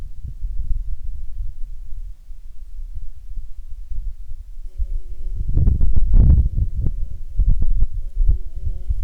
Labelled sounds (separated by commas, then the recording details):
wind, insects
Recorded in Ivvavik National Park, Yukon, on 16 June 2019 at 00:47
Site SINP09